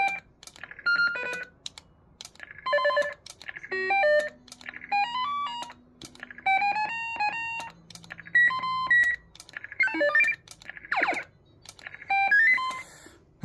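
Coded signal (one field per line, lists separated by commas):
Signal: roger beep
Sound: about a dozen different short beeping jingles in turn, with button clicks between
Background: button clicks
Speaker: Je pense je suis en train de faire le tour. Fait que là ça c'était la démonstration des Roger Bip.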